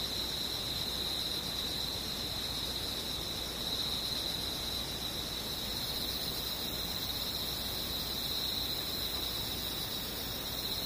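Insects buzz in a steady, unbroken high drone around a bright band, with a dense hiss underneath and no clear breaks throughout.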